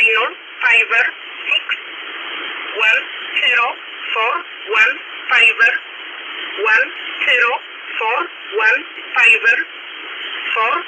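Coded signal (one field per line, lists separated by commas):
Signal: numbers station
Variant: E11 'Oblique', English voice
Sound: female voice reading short numbers with 'oblique', repeating the same group over and over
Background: radio static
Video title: 12153kHz USB Polish Number Station E11 calling 304 (Jun 30, 2026)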